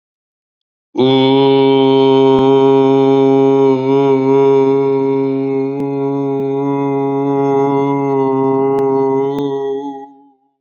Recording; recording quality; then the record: sustained vowel as in boot; excellent, no background noise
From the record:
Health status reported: healthy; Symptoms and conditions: cough, sore throat, hypertension, diabetes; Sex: male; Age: 59 years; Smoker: no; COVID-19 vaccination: both doses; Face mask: not worn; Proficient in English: yes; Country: India